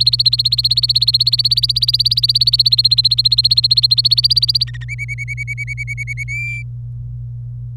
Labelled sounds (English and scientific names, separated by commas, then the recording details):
Domestic Canary (Serinus canaria) song
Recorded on 26 April 2018 at 10:55
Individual llb3